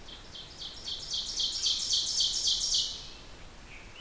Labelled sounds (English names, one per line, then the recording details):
Ovenbird song
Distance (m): 25 m
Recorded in boreal forest in Alberta, Canada, on 14 June 2016 at 06:12
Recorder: SongMeter 3, array SBT-3-33
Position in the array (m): 107 m, 21 m
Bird 21